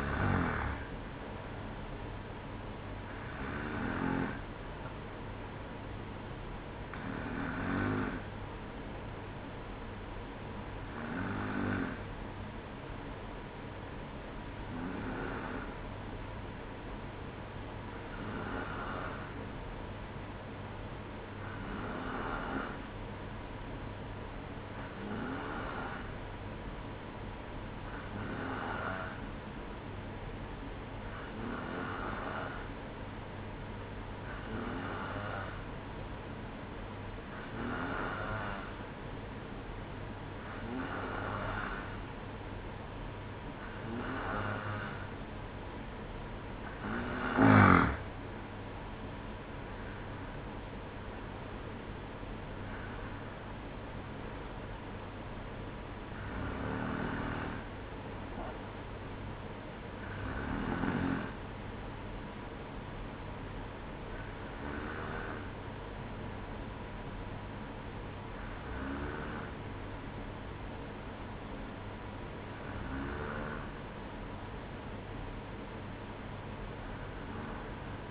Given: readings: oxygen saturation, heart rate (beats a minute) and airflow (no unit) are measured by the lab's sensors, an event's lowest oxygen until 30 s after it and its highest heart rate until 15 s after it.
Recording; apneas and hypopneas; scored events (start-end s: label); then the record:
breathing in sleep by a voice recorder at the bedside; 1
1.00-61.00 s: new sleep stage, N2 (light sleep)
17.00-44.10 s: hypopnea (N2, oxygen 95% highest, then 92% lowest, heart rate 58 at the start, 61 highest)
61.00-78.11 s: new sleep stage, N1 (lightest sleep)
From the record:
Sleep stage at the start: N1 (lightest sleep); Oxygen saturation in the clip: 92 to 95%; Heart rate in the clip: 57 to 62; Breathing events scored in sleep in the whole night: 305 in 9.6 hours asleep